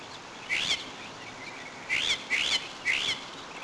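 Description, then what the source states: Mockingbird giving four short, harsh, buzzy chirps spaced unevenly over about three seconds, against a steady background hiss. Two mockingbirds recorded.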